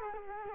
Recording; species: mosquito wingbeat signal from an infrared sensor; Culex quinquefasciatus